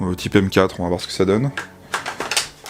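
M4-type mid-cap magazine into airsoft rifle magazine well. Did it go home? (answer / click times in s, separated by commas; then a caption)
no / none. Someone talks, then a third-party Rossi M4-type mid-cap magazine is pushed into the magazine well of an airsoft FN Herstal SCAR-L (MK-16) replica by Cybergun/ARES, with short sharp knocks at about 1.9, 2.2, 2.3 and 2.7 seconds. The clip ends just before the magazine goes home, so nothing has seated or clicked yet.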